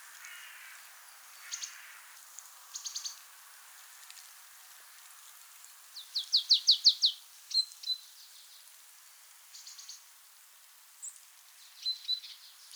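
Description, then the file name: Marsh tit producing one clear burst of rapid, sharp down-slurred notes midway, among fainter scattered high chips and soft background hiss. "Poecile palustris"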